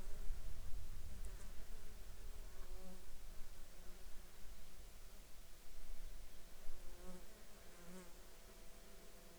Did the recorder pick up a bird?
yes